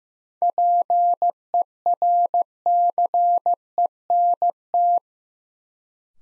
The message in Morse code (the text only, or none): PERCENT